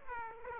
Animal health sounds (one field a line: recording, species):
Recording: mosquito wingbeat signal from an infrared sensor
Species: Aedes aegypti